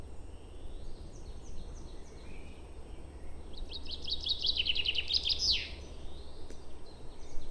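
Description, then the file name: Common chaffinch singing one quick run of repeated notes into a final flourish, with faint chirps from other birds before it. "Fringilla coelebs"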